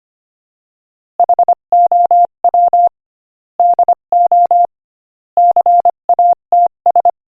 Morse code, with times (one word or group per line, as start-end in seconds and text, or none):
1.2-2.9 HOW
3.6-4.7 DO
5.4-7.1 CATS